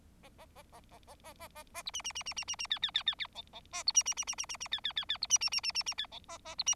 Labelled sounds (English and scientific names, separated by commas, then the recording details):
Bengalese Finch (Lonchura striata domestica) song
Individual Bird4